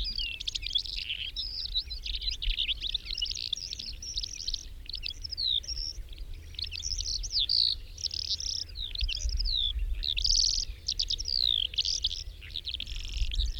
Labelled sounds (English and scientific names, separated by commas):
Calandra Lark (Melanocorypha calandra) song